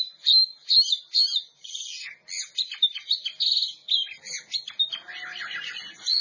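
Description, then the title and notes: Oriental magpie-robin song of fast repeated chirps and bright whistles, becoming a softer, busier warble toward the end. Champion singing bird. "Kicau Burung Kacer Juara. Suara Kicauan Burung Kacer Juara"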